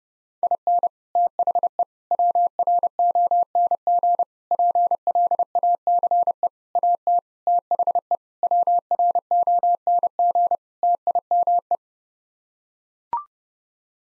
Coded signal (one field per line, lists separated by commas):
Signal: Morse code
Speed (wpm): 30 wpm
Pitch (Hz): 700 Hz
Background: none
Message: IN THE WRONG PLACE AT THE WRONG TIME